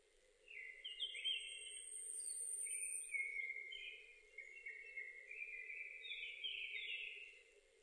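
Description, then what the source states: Japanese thrush delivering a long, continuous string of bright whistled notes and trills that shift in pitch, with a faint high thin whistle and a low background drone. 7 May 2005.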